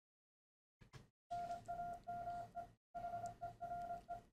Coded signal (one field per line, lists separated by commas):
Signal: Morse code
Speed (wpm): 25 wpm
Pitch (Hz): 700 Hz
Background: none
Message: NAME HERE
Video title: MRP40 Morse Decoder & Sender Voice To CW